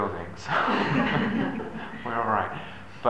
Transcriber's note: laughter